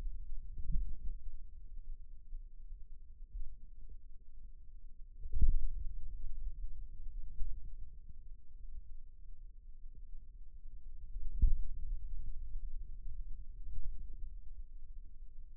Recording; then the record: forearm muscle sounds (acoustic myography)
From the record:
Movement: finger pinch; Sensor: system 2, bracelet of six BSWA MPA416 microphones around the upper forearm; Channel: 2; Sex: male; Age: 22 years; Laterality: right